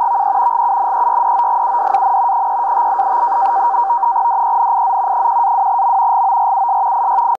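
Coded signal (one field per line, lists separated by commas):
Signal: NAVTEX (SITOR-B)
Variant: 100 baud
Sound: continuous fast warbling chirp between two close tones, steady rhythmic data chatter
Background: radio static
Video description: Transmitindo no sistema SITOR-B boletins meteorológicos em turco e inglês para embarcações.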